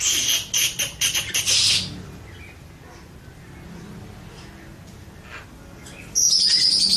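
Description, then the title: Birds calling: a burst of sharp, harsh chirps over the first two seconds, quiet gap, then a high thin squeaky trill near the end. "Burung Campur4"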